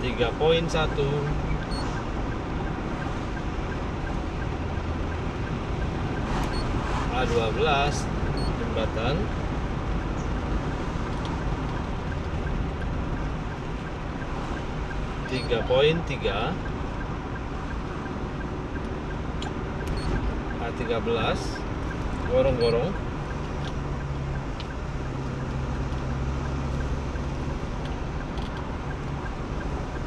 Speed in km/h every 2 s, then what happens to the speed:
52, 53, 54, 53, 52, 51, 50, 49, 49, 49, 48, 47, 45, 44, 43.
0-21 steady at about 51.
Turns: none.